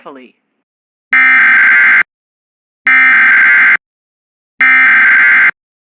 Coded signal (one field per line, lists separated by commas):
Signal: Emergency Alert System (SAME) tones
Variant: header bursts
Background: speech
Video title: EAS #204 Tornado Warning On WJON-IP